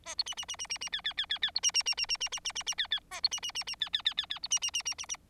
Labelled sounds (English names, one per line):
Bengalese Finch song